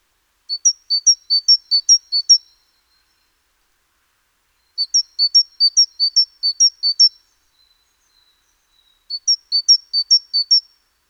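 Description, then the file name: Great tit singing three evenly spaced bouts of rapid, piercing paired notes, each bout about two seconds long, with quiet between them. "Parus major"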